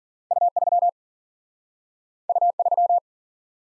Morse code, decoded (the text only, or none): U3 U3